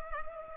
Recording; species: mosquito wingbeat signal from an infrared sensor; Culex pipiens